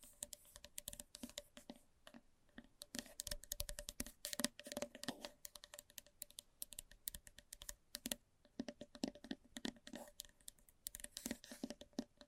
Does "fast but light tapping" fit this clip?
yes